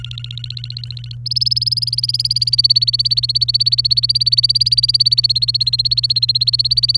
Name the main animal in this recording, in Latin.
Serinus canaria